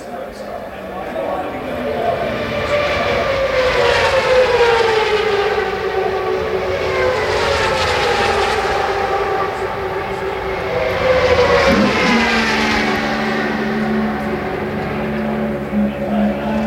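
IndyCar engines roar continuously, their high whine swelling and falling in pitch as cars sweep past, with loud passes cresting around four and again near twelve seconds. After the second pass, a steady low drone settles in beneath the fading engine noise until the end.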